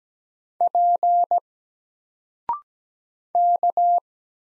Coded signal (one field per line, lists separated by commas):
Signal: Morse code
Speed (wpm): 17 wpm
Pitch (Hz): 700 Hz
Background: none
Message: P K